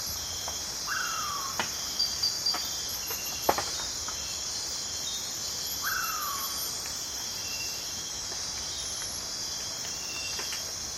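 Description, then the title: Shrill multi-layered insect chorus runs throughout; a bird twice gives a short falling whistle, and a few sharp knocks and clicks sound early on. Deep in the Amazon rainforest at night; constant, multi-layered, continuously changing piercing insect chorus. "Amazon rainforest - calm night"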